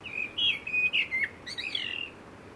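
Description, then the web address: Common blackbird giving a clear, fluty whistled phrase of slurred notes, rising and falling, with a higher twittering flourish at the end; background quiet. "Sound Effects-Foundation 1 BIRD BLACKBIRD CALL"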